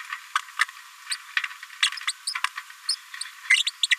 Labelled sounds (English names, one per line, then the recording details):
Green-rumped Parrotlet babbling
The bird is a female
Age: 29 days
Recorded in a nest box in Venezuela
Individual 17B73B2